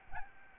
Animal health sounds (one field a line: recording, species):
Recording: mosquito wingbeat signal from an infrared sensor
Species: Aedes albopictus